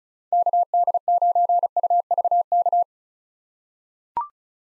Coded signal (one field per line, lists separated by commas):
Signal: Morse code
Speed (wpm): 34 wpm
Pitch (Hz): 700 Hz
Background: none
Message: KD9UVK